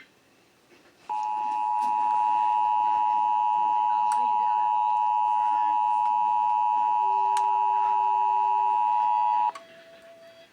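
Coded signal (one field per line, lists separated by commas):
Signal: Emergency Alert System (SAME) tones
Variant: 853 and 960 Hz attention tone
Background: speech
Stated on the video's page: Pennsylvania statewide Required Monthly Test relayed by FM, AM and TV broadcast stations and EAS ENDEC units.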